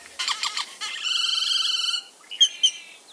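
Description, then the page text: Great-tailed Grackle with a quick series of dry clacks, then a long buzzy rattling note, ending in two sharp squeaky whistles. Great-tailed grackles rattle, screech, whistle and creak, sounding more machine than bird at times. "Great-tailed Grackle. BirdNote. Chirp Nature Center"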